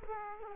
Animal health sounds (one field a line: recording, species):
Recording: mosquito wingbeat signal from an infrared sensor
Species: Culex quinquefasciatus